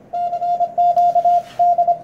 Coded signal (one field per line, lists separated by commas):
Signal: Morse code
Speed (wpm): 25 wpm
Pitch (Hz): 700 Hz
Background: radio noise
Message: CQ D